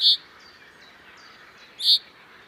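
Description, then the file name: Common chaffinch giving two short, sharp, high call notes nearly two seconds apart, over a steady faint background hiss with a few chirps. "Fringilla coelebs"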